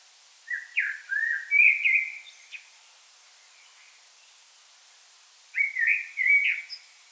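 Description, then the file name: Common blackbird song: a rich fluted phrase with a sliding whistle, silence, then a second warbling phrase near the end. "Turdus merula"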